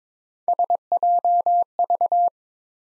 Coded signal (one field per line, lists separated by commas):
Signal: Morse code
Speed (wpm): 23 wpm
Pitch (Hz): 700 Hz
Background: none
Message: SJV